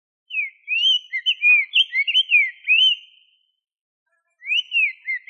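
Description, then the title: Bird singing a phrase of quick, clear slurred whistles, then a short pause before another phrase begins. "LuckyPassaros CompletosSama"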